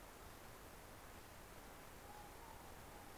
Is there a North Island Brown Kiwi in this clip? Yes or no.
no